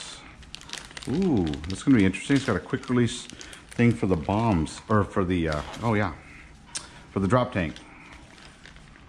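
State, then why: Not seated. A plastic drop tank is handled near its quick-release mount under an RC foam warbird (an E-flite FW 190A 1.5 m) while someone talks throughout. Brief crinkling handling sounds come near the start and at the end. Nothing has seated or clicked yet.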